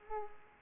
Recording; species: mosquito wingbeat signal from an infrared sensor; Culex pipiens